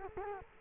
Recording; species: mosquito wingbeat signal from an infrared sensor; Culex quinquefasciatus